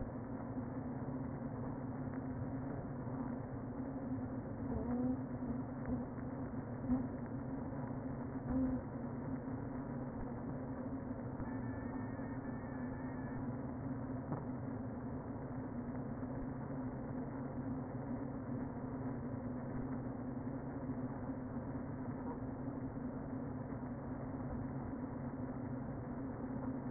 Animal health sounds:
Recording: honeybee colony, microphone inside the hive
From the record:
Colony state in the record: queen present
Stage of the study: before two queens were removed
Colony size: about 60,000 bees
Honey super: yes

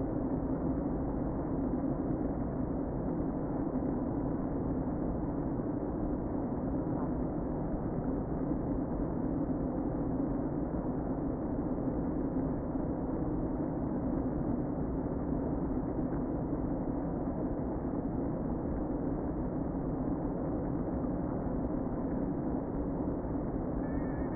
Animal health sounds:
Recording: honeybee colony, microphone inside the hive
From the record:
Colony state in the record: queen present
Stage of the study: before two queens were removed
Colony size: about 60,000 bees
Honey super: yes

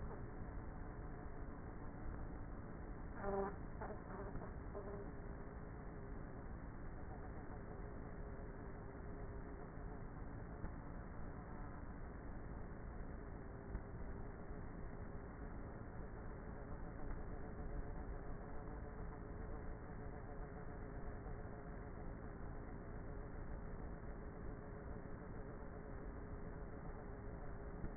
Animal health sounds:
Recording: honeybee colony, microphone inside the hive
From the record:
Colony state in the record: queenless with a low population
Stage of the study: before two queens were removed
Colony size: about 30,000 bees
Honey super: no

